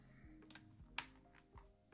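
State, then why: Seated. A plastic LEGO element is pressed onto a round LEGO piece of the Williams FW14B F1 model and clips on with a sharp, bright click at 0.9 s. Softer ticks and faint handling sounds surround it over a steady low background hum, and the piece is seated.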